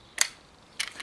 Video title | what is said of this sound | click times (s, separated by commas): Emei TS-45 / Em-45 Air Rifle - Air Armoury | police are nicely fitted and close with a nice audible click when you | 0.2 s